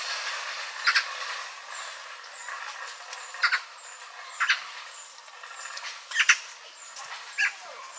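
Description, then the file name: Eurasian magpie giving harsh, rasping chatter notes in short bursts at irregular intervals, with a faint steady hiss between calls. "Pica pica"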